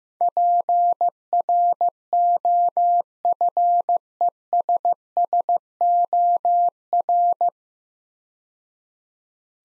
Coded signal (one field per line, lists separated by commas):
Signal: Morse code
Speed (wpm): 15 wpm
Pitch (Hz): 700 Hz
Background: none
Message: PROFESSOR